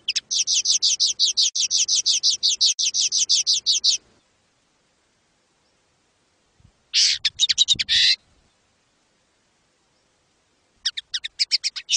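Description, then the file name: Common linnet song: a long rapid trill of repeated chattering notes lasting four seconds, then a brief twittering burst and a final short series of quick notes. Recorded in 2019. "Canto del Pardillo 2019 Chant linotte 2019"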